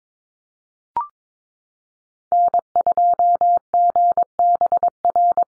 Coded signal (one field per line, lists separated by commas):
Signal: Morse code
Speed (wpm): 22 wpm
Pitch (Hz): 700 Hz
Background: none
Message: N2GBR